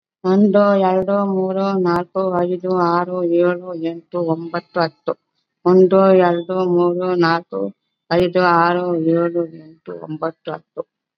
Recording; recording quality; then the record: counting at a normal pace; excellent, no background noise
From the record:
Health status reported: COVID-19 positive, mild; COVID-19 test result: positive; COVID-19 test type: RT-PCR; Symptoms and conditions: cough, fever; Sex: female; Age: 65 years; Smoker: no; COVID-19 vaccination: both doses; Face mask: worn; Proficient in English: yes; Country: India